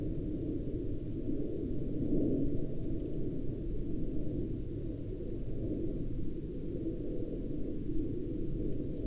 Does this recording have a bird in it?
no